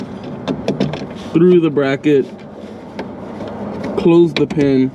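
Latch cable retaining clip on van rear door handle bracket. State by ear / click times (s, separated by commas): not seated / none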